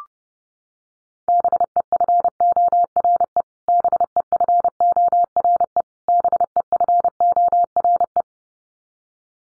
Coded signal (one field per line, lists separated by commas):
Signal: Morse code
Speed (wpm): 30 wpm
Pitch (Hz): 700 Hz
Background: none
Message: BEFORE BEFORE BEFORE